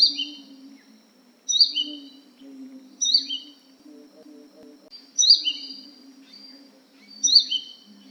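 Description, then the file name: Crimson sunbird giving bright, high chirped calls that drop in pitch, each burst spaced about two seconds apart, with a constant low droning hum underneath. "suara panggilan burung madu matari. omkicau"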